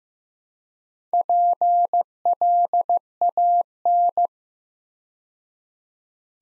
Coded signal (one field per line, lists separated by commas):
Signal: Morse code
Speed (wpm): 15 wpm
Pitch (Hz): 700 Hz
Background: none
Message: PLAN